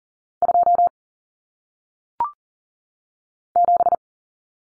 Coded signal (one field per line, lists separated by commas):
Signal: Morse code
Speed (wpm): 39 wpm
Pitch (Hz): 700 Hz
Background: none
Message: 2 7